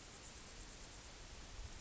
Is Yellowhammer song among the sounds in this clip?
no